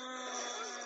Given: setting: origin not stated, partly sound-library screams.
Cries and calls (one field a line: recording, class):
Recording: one-second piece from a danger detection set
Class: woman in danger